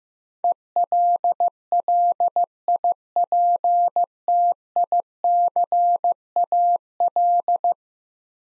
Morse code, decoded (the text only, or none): ELLIPTICAL